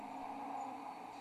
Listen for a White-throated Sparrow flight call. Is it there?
no